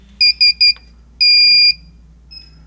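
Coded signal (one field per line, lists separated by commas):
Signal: none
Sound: infrared barrier's alignment beeps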